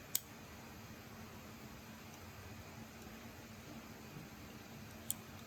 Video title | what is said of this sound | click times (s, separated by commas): MATCHBOX Restoration 69a Commer Van “Nestles” | and hopefully we hear a nice click. | 0.1 s, 5.1 s